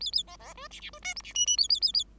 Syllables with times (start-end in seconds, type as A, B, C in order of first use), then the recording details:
0.00-0.11 A, 0.12-0.23 A, 0.27-0.36 B, 0.39-0.54 B, 0.55-0.68 C, 0.71-0.80 D, 0.80-0.90 D, 0.93-0.99 C, 1.02-1.14 E, 1.16-1.22 F, 1.23-1.33 D, 1.34-1.46 G, 1.46-1.57 G, 1.57-1.68 A, 1.69-1.80 A, 1.81-1.92 A, 1.94-2.04 A. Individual Bird5